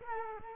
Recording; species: mosquito wingbeat signal from an infrared sensor; Culex quinquefasciatus